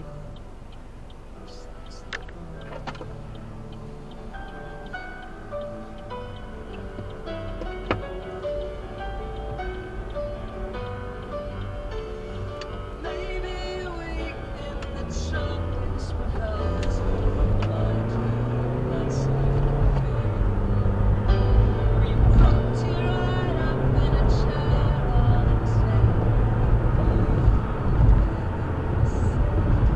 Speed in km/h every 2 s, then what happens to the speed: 0, 0, 0, 0, 11, 6, 6, 15, 31, 50, 63, 74, 82, 85, 85.
0-7 standing. 7-25 pulls away to 85.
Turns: 12-16.